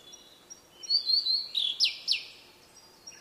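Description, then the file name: Blue-and-white flycatcher song of sweet, high wavering whistles that slide lower, closing with two fast downward-swept notes. "oruri"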